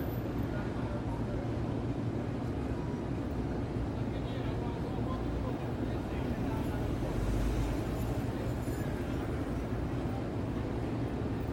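Night traffic in Midtown New York City makes a steady, dense low roar, with faint voices and a brief brighter swell around eight seconds.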